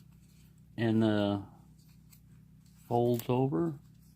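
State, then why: Not seated. A credit-card-sized folding knife is being folded out of its flat card shape while someone talks, with faint handling sounds between the phrases. Nothing has seated or clicked yet; the blade piece has not locked into its open position by the end of the clip.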